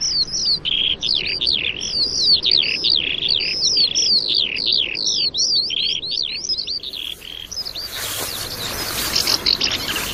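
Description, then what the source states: Skylark song: a fast, continuous stream of high chirps and slurred notes for about seven seconds, then it stops. Skylarks singing in a field near a castle, heard from the very earliest spring.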